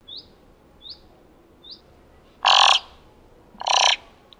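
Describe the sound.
Thick-billed raven: three thin rising chirps come first, then two loud, coarse, hoarse calls about a second apart.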